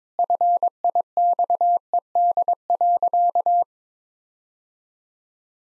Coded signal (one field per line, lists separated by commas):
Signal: Morse code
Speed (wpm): 21 wpm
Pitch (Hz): 700 Hz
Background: none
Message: FIXED.